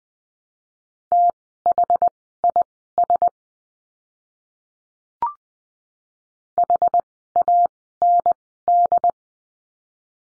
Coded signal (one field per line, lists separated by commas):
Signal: Morse code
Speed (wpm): 20 wpm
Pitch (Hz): 700 Hz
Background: none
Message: THIS HAND